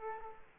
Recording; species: mosquito wingbeat signal from an infrared sensor; Aedes aegypti